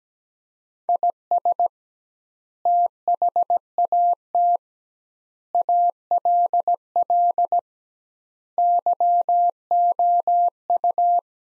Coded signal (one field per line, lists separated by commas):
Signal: Morse code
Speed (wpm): 17 wpm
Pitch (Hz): 700 Hz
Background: none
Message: IS THAT ALL YOU